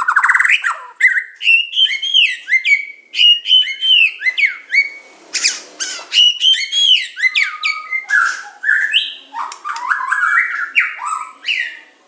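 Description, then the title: Oriental magpie-robin song: continuous, richly varied whistling, with sweeping up-and-down notes, harsh bursts and quick repeated phrases running throughout. "Kicau Kacer"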